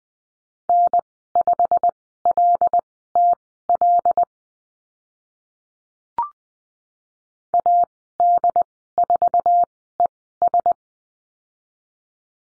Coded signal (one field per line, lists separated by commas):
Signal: Morse code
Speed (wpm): 20 wpm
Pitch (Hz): 700 Hz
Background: none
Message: N5LTL AD4ES